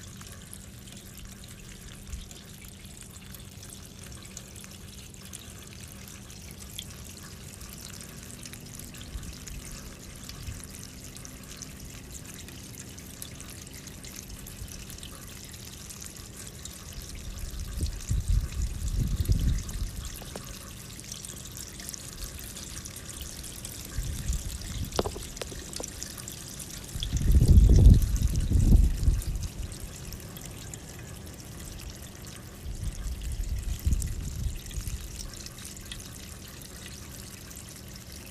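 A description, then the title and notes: A steady wash of rain-like hiss fills the recording, with a faint low hum running underneath. Trickling and pouring water sounds swell in low bursts around 18, 25, 28 and 34 seconds, the loudest near 28 seconds. Nature noises rain water and white noise.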